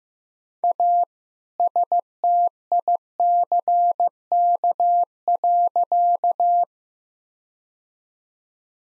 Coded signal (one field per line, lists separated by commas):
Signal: Morse code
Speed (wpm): 15 wpm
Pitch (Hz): 700 Hz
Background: none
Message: A STICK.